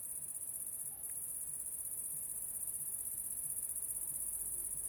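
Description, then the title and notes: Cricket song, a steady, unbroken high-pitched trill that runs throughout, with faint low rumbling underneath. Crickets at La Sablière, Saint-Privat-de-Champclos, France; recorded with a Zoom H6 and an M/S microphone. "30430 Saint-Privat-de-Champclos, France - cricket la sabliére. cricket la sabliére Captation : ZOOMH6 + M/S Microphone"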